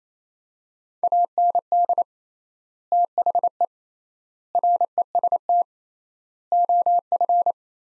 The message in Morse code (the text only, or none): AND THE REST OF